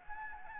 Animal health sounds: mosquito wingbeat signal from an infrared sensor; Anopheles gambiae

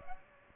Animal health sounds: mosquito wingbeat signal from an infrared sensor; Aedes aegypti

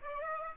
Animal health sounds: mosquito wingbeat signal from an infrared sensor; Aedes aegypti

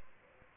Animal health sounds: mosquito wingbeat signal from an infrared sensor; Aedes albopictus

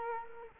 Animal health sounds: mosquito wingbeat signal from an infrared sensor; Culex quinquefasciatus

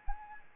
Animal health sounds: mosquito wingbeat signal from an infrared sensor; Anopheles arabiensis

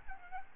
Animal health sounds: mosquito wingbeat signal from an infrared sensor; Aedes albopictus

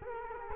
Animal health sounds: mosquito wingbeat signal from an infrared sensor; Culex quinquefasciatus

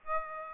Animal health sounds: mosquito wingbeat signal from an infrared sensor; Aedes aegypti

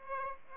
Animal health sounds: mosquito wingbeat signal from an infrared sensor; Aedes aegypti

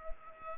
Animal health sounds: mosquito wingbeat signal from an infrared sensor; Culex pipiens

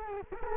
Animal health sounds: mosquito wingbeat signal from an infrared sensor; Culex quinquefasciatus

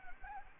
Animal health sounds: mosquito wingbeat signal from an infrared sensor; Anopheles gambiae

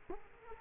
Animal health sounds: mosquito wingbeat signal from an infrared sensor; Culex quinquefasciatus

